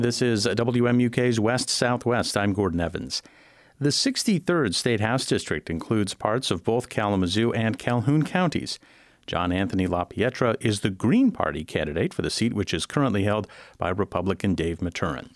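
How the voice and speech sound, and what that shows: Adult male radio host speaking in a clear, fluent announcing voice. Typical speech.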